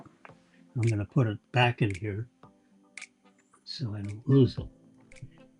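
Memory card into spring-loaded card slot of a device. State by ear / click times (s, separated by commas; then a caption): seated / 5.1 s. Someone talks while pushing a small memory card back into a device's spring-loaded card slot. It clicks and latches in place at 5.1 s, so the card is seated.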